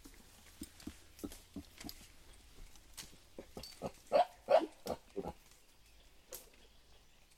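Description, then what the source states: Mountain gorilla grunting calls: a loose series of short, low pulsed grunts, a few louder ones clustered in the middle, with quiet gaps between them. Sound labelled "uuk".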